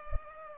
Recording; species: mosquito wingbeat signal from an infrared sensor; Culex pipiens